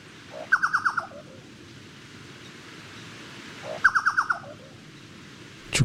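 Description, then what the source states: Chucao Tapaculo song: a loud series of about five rapid notes falling in pitch, given twice about three seconds apart, over a soft background rush. Dated 30 September 2014.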